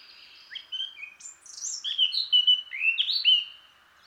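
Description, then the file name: Eurasian blackcap warbling song, soft chattering notes leading into louder, rich, fluty whistles over about three seconds. "Sylvia atricapilla"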